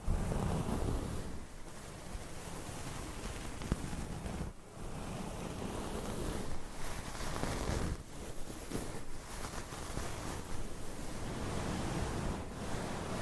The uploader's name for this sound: Mic Scratching Battle with 100 Different MICS ! Bare VS Foam VS Fluffy Covers